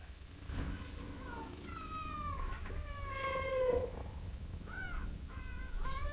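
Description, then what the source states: Cat meowing repeatedly, several drawn-out falling meows and shorter ones in close succession over low background hum. Gently meowing in long intervals.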